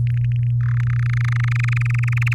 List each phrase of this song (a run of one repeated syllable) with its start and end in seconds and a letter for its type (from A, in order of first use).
0.07-0.51 A, 0.61-0.81 B, 0.83-2.34 C